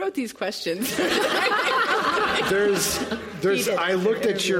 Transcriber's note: laughter